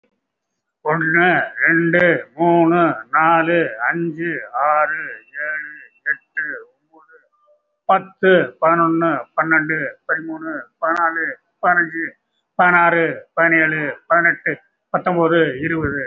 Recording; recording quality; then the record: counting at a normal pace; excellent, no background noise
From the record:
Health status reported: recovered from COVID-19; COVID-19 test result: positive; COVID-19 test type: RT-PCR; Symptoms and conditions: cough, cold, breathing difficulty, sore throat, chronic lung disease, pneumonia, another respiratory illness, another condition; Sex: male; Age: 76 years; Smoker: yes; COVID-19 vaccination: one dose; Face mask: worn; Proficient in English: no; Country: India